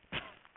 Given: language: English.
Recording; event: throat vibration sensor signal played as sound; cough